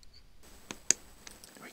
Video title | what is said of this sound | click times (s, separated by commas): Bachmann f9 early pancake motor repair | gentle pressure until they lock into place there we | 0.9 s